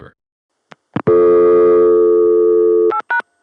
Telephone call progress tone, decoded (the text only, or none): dial tone